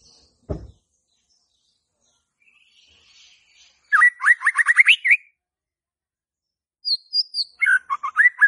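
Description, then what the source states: White-rumped shama song: after a sharp click, a rapid series of sweeping whistled notes, a pause, then more fast varied phrases. Lure for a stressed murai batu (shama) that has stopped singing (stres, macet).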